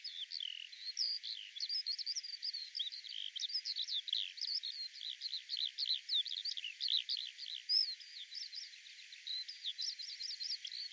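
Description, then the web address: Eurasian skylark song, a fast unbroken stream of high chirps, slurred whistles and short trills, tumbling on without pause through the whole stretch. "cianscape birddata Deverinetal 2025 Bird Al Ar"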